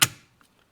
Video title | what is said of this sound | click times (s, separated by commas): 2005-2012 Toyota Avalon Clockspring - Spiral Cable Replacement How To DIY | We'll get those tabs to lock in, just push it straight in. | 0.0 s